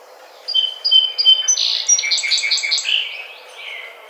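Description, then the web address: Song sparrow singing: three clear introductory notes, then a buzzy jumble of quick trills and a drawn-out final note, over faint low background noise. Recorded on 9 June 2009. "Song Sparrow 2009 06 09"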